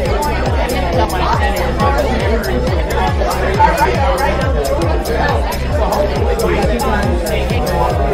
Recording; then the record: background sound without coughing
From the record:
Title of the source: Nightlife Party Simulating Party Club Noise 1 Hour